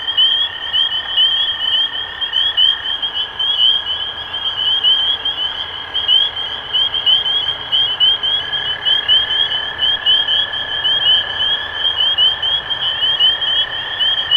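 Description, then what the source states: Spring peeper chorus of bright rising peeps repeated about once a second, over a steady lower humming tone heard for most. Recorded 23 March 2012.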